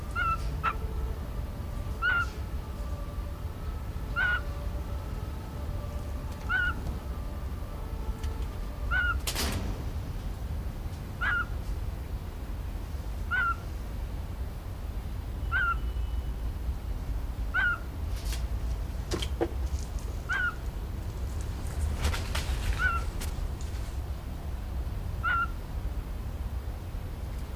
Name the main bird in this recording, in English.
Eurasian Scops Owl